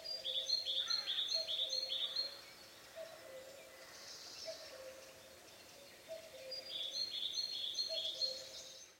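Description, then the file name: Great tit ringing two-note phrases, repeated in short runs at the start and again near the end, fainter amid steady background noise and a low recurring tone. "Parus major"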